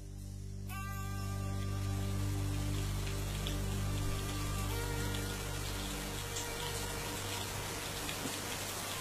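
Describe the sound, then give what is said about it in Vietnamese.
Steady rain sets in after a brief quiet moment, a dense hiss of falling drops over a low, constant hum, with no voices. “Lúc ngẩng mặt lên, trời đã bắt đầu đổ mưa.”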